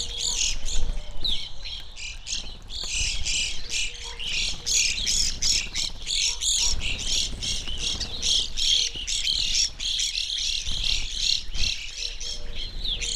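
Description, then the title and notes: Evening grosbeak flock calling, a dense mix of chirps and short buzzy notes, steady throughout, with faint low whistles here and there. Flock feeding on sunflower seeds from a feeder hanging in a birch tree, backyard in McCloud, Siskiyou County, California; relatively warm winter morning; microphones placed on either side of the tree trunk. "I recorded this at my home in the small town of McCloud in Siskiyou County, California. It was a relatively warm winter morning, and a flock of Evening Grosbeaks was busily eating a breakfast of sunflower seeds from a feeder hanging from the branch of a birch tree in my backyard."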